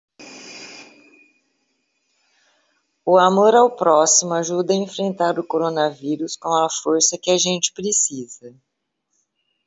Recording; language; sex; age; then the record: spoken sentence; Brazilian Portuguese; female; 60 to 69 years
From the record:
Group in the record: control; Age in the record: 64 years